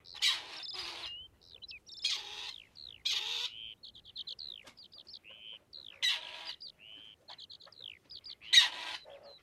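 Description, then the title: Grey partridge giving harsh, grating rasping calls in loud bursts about every one to three seconds, with thin whistled and slurred notes from another bird between them. "Viikon luontoääni: Peltopyy"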